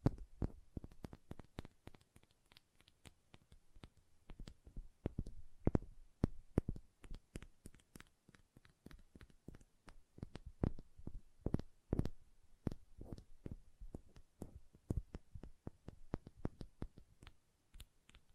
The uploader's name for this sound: ASMR Hand Sounds, Nail Tapping and Lotion Sounds